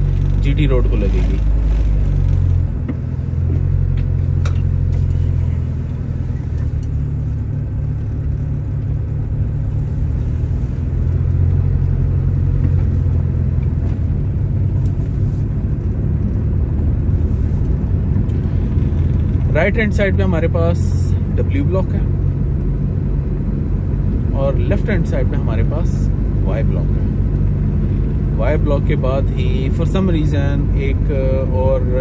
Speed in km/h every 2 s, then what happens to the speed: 3, 0, 2, 7, 10, 12, 14, 16, 18, 20, 20, 21, 21, 22, 22, 22.
1-4 standing. 4-18 pulls away to 20. 18-32 steady at about 21.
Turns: none.